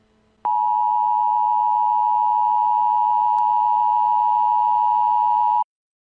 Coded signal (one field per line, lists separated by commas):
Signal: Emergency Alert System (SAME) tones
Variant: 853 and 960 Hz attention tone